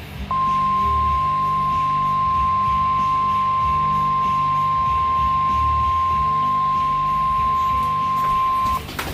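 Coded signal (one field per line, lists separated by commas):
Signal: Emergency Alert System (SAME) tones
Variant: 1050 Hz attention tone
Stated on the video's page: Tornado and severe thunderstorm alerts received on a weather radio from NOAA and Canadian weather radio stations, plus Alert Ready alerts from an FM radio station.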